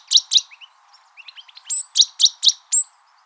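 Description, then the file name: Great tit calls: two sharp chirps, soft short whistled notes, then a run of five loud sweeping chirps about a quarter second apart. "Parus major"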